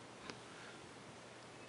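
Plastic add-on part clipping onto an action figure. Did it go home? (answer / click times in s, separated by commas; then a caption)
partly / 0.3 s. A plastic add-on part is clipped onto a transforming action figure upgrade kit, giving one short, sharp click at 0.3 s over faint background noise. The part only clips in moderately, and the pieces stay somewhat spread apart instead of sitting straight.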